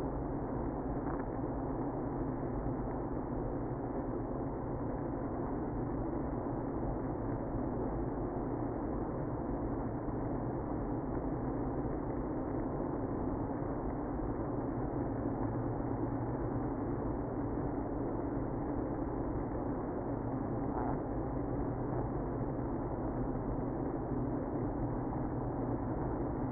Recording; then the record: honeybee colony, microphone inside the hive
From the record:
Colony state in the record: queenless (queen removed); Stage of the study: after two queens were removed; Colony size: about 60,000 bees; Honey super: yes